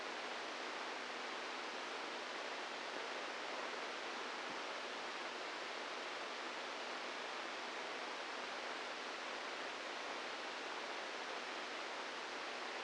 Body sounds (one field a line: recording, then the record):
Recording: brain microelectrode recording played as sound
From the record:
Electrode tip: inside the subthalamic nucleus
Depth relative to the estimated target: -1 mm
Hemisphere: right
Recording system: NeuroSet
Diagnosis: Parkinson's disease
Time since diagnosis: 8 years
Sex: male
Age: 46 years